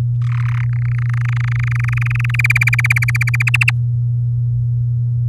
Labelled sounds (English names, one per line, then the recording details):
Domestic Canary song
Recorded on 9 May 2018 at 05:41
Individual llb16